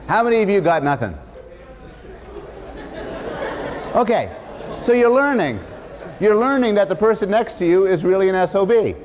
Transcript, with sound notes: How many of you got nothing? [laughter] Okay. So, you're learning. You're learning that the person next to you is really an SOB.